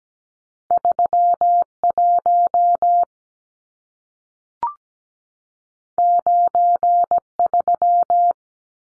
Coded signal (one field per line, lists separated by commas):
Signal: Morse code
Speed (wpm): 17 wpm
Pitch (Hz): 700 Hz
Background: none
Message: 31 93